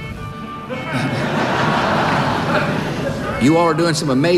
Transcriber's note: laughter